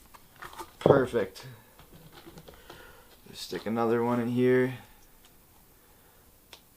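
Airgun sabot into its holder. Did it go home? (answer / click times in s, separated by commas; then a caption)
yes / 6.5 s. An airgun sabot or slug is pushed into its holder while someone talks. A single sharp click at 6.5 s marks it snapping in, and it is seated.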